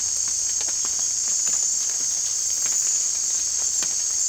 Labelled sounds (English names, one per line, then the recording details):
none
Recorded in secondary vegetation near Puerto Asís, Putumayo, Colombia, on 22 December 2024 at 18:30
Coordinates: 0.484, -76.319
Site GP06